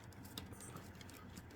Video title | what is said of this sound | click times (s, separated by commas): Shin Getter blk CCs unboxing PART 1. | I heard a couple little Clips oh there's another clip you might hear a few little snaps but it's in | 0.4 s, 1.0 s, 1.1 s